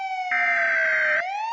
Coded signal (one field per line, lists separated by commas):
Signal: Emergency Alert System (SAME) tones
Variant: header bursts